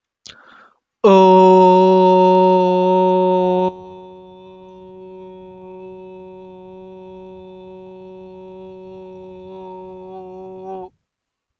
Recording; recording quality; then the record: sustained vowel as in boot; excellent, no background noise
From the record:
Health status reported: healthy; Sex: male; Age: 25 years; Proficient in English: yes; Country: India